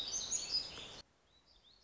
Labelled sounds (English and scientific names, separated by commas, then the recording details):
Black-throated Gray Warbler (Setophaga nigrescens)
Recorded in Sonoma County, California